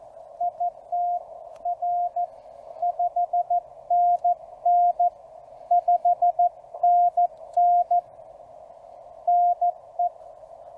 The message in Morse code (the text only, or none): IT R 5NN 5NN NE